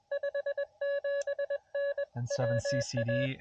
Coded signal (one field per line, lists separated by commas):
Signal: Morse code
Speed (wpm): 21 wpm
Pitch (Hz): 590 Hz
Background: speech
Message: 57N WA